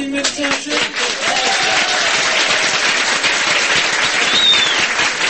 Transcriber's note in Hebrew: מחיאות כפיים